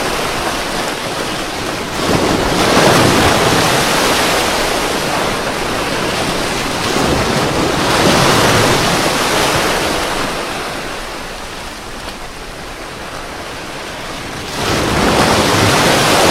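Ocean waves wash in continuously, swelling near 2, 8 and 15 seconds between softer lulls, with a steady rushing hiss and some wind.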